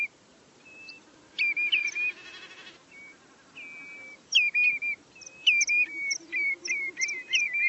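Bird offering a few scattered flat whistles, then a buzzy burst, followed by a rhythmic series of down-slurred whistles with high chips.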